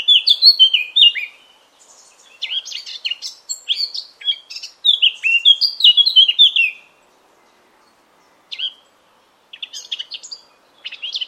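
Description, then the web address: Eurasian blackcap delivering several rapid warbling phrases of mixed scratchy and pure fluted notes, some descending in steps, separated by short silences and a few isolated chirps. "cianscape birddata Deverinetal 2025"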